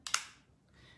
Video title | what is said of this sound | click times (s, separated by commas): Everyday Eyeshadow Tutorial, Makeup Tip Monday with Lisa Davis, Image By Lisa | just pop it right in and it snaps into place and now it's in there | 0.1 s